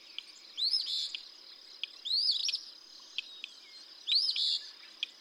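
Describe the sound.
Eastern Phoebe singing three scratchy rising-and-buzzing phrases, with scattered sharp clicks and light background hiss.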